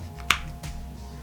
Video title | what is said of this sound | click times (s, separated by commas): Minimalist Gear Co Kira “Killer” (My new favorite fixed blade) | it's got a really nice click to it and I thought with this | 0.3 s